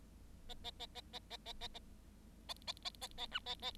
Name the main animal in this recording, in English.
Bengalese Finch